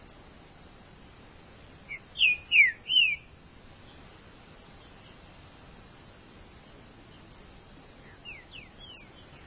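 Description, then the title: Green-winged saltator song: a short phrase of three loud, slurred whistles, mostly falling, with softer similar notes near the end. "Trinca Ferro"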